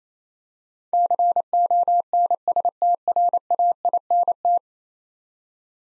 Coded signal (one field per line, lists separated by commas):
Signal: Morse code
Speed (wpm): 28 wpm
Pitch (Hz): 700 Hz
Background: none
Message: CONSTRAINT